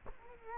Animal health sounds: mosquito wingbeat signal from an infrared sensor; Culex quinquefasciatus

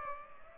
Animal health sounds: mosquito wingbeat signal from an infrared sensor; Culex pipiens

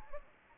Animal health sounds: mosquito wingbeat signal from an infrared sensor; Anopheles gambiae

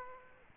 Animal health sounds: mosquito wingbeat signal from an infrared sensor; Aedes aegypti

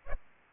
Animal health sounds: mosquito wingbeat signal from an infrared sensor; Aedes aegypti

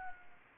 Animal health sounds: mosquito wingbeat signal from an infrared sensor; Anopheles arabiensis

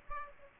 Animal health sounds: mosquito wingbeat signal from an infrared sensor; Aedes aegypti

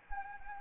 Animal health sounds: mosquito wingbeat signal from an infrared sensor; Anopheles arabiensis

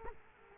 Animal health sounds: mosquito wingbeat signal from an infrared sensor; Culex quinquefasciatus

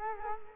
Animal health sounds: mosquito wingbeat signal from an infrared sensor; Culex quinquefasciatus

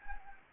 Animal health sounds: mosquito wingbeat signal from an infrared sensor; Anopheles gambiae

